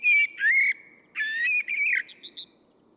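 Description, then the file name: Common blackbird delivering a short phrase of mellow whistled warbles running into quick, higher twittering notes. "Turdus merula"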